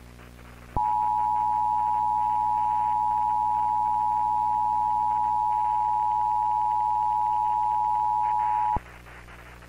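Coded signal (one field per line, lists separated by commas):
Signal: Emergency Alert System (SAME) tones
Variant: 853 and 960 Hz attention tone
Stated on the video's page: Fictional EAS scenario in VHS found-footage style, a staged recreation.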